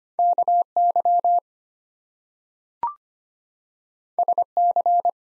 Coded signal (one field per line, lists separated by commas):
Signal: Morse code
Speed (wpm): 25 wpm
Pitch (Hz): 700 Hz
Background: none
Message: KY SC